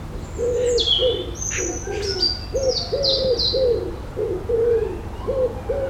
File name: ambience urban suburban street birds pigeons seaguls light traffic distant